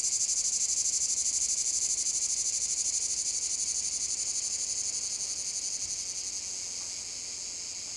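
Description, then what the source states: Cicadas buzzing in a loud, high chorus with a regular pulsing beat that gradually eases and smooths out near the end. Cicada field at Domaine de la Sablière, Saint-Privat-de-Champclos, France; recorded with a Zoom H6 using an M/S microphone.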